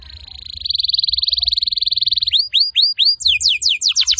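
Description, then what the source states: Atlantic canary song, a long rapid trill at one pitch followed by spaced, sharply falling whistles and then quicker falling notes. Energetic, persistent canary song used to lure and to train wild-caught canaries (masteran).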